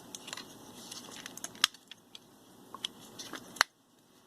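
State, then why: Seated. The 3D-printed plastic latches on a filament changer gearbox assembly are pushed onto the mating gearbox part so they grab it. Amid faint handling ticks and rustles, two sharp, loud clicks at 1.6 s and 3.6 s mark the latches seating in place.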